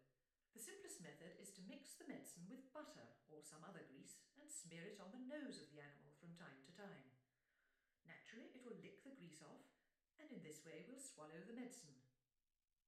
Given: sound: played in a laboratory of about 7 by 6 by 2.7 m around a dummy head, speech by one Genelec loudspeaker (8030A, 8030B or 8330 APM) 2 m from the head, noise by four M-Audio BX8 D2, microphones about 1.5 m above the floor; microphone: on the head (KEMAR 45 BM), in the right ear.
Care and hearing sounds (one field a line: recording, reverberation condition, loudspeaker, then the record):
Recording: female speech in English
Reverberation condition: medium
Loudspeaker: 150 degrees to the right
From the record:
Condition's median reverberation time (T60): about 510 ms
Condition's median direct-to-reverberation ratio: about -0.5 dB